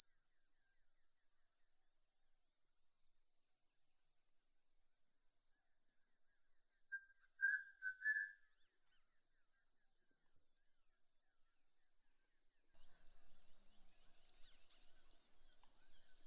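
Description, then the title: Bird song: high, rapid series of looping whistled notes, a pause with a few soft lower chirps, then further bursts of quick rolling trills. "SuaraBurung Kicau"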